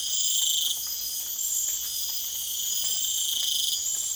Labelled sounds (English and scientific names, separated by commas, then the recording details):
none
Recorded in secondary vegetation near Puerto Asís, Putumayo, Colombia, on 25 June 2025
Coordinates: 0.488, -76.319
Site G094